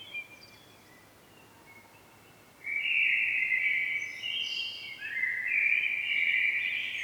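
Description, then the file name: Common blackbird gives a loud, continuous chattering call after a quiet start, with a higher note and a brief lull midway before it carries on to the end. "Turdus merula"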